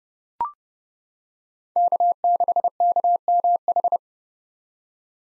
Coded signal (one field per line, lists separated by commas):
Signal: Morse code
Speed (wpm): 29 wpm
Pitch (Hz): 700 Hz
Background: none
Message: K6KMH